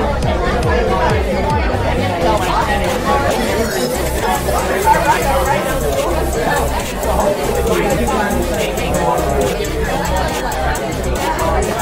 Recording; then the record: background sound without coughing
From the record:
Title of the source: Nightlife Party Simulating Party Club Noise 1 Hour